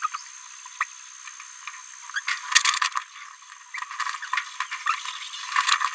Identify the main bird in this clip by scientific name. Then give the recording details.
Forpus passerinus. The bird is a female. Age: 27 days. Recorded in a nest box in Venezuela. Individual 17B73B3